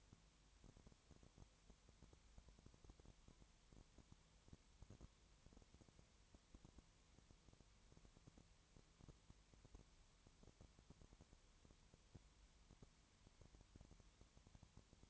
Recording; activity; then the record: daily activity, microphone in the room; no activity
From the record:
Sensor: 3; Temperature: 20.5 degrees Celsius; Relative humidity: 32.9%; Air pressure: 1003.2 hPa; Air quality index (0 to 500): 106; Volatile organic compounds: 2 ppm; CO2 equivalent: 1075 ppm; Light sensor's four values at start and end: 2/3/2/2 and 2/3/2/2